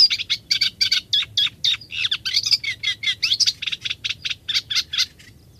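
Eurasian reed warbler delivering a dense, continuous chatter of scratchy, repeated notes that vary slightly in pitch, ending abruptly into quiet.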